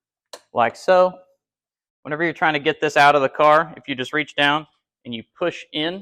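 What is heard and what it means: A small plastic retaining clip on the lower support bracket of an Infiniti G35 radiator, one of four that hold the bottom of the radiator, snaps back into place with a single sharp click at 0.3 s when the radiator is pulled. Someone then talks for the rest of the clip. The clip is seated.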